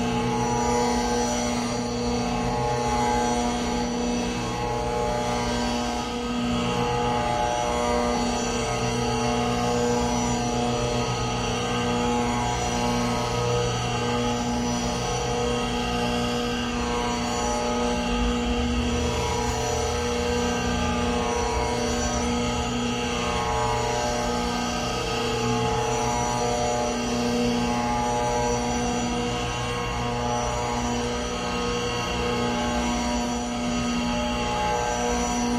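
A modified tambura drone holds a dense, unbroken wall of sustained tones, with many steady pitched lines stacked from low to bright. The level stays constant throughout, with a faint shimmering grain and slight wavering in the low notes but no distinct events.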